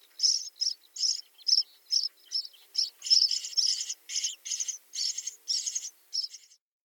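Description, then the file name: Common starling chattering calls: high, buzzy, clicking notes repeated roughly twice a second in an uneven series. "Skvorec obyknovennyj Sturnus vulgaris - (Zvyki com)"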